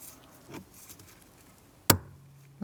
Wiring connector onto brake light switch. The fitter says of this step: Make sure you hear that click and you should be good to go.